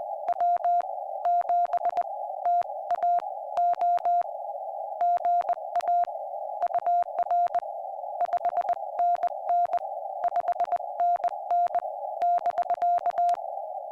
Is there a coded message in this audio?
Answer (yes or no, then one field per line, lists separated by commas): yes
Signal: Morse code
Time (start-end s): 0.3-13.3 s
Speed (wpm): 21 wpm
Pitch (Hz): 700 Hz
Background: none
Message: W7TAO GA UR 5NN 5NN <BK>